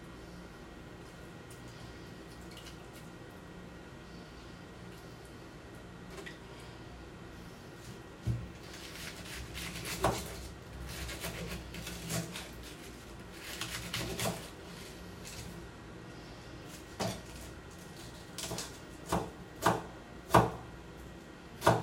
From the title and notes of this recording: ASMR｜Shredding Cabbage.